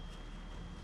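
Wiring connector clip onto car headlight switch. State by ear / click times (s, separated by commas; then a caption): not seated / none. A wiring connector clip is being forced onto a new auto headlight switch in a Mk4 Jetta; it needs a little extra force because of a pin. Only a steady low rumble and broadband noise with a thin constant high tone are heard, with no sharp hits. Nothing has seated or clicked yet.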